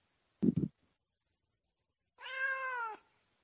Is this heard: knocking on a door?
no